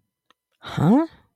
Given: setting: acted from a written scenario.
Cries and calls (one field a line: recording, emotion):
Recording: vocal sound without words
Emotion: confusion